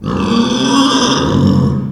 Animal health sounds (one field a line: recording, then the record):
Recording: squeal of a Yucatan mini pig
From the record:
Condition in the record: after surgery on the right vocal fold (resection and tissue-engineered implant)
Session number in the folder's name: 16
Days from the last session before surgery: 183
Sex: female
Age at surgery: 19 weeks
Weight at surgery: 25 kg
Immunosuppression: prednisolone